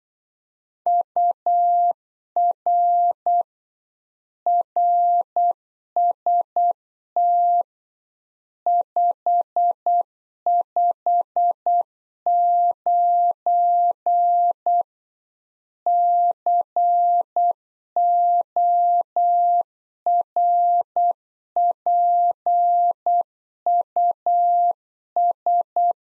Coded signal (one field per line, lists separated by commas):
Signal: Morse code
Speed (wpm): 8 wpm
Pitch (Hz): 700 Hz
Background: none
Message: UR RST 559 CORPUS